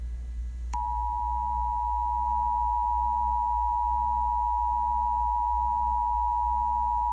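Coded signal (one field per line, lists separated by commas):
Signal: Emergency Alert System (SAME) tones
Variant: 853 and 960 Hz attention tone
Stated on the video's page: Fake scenario containing valid EAS tones.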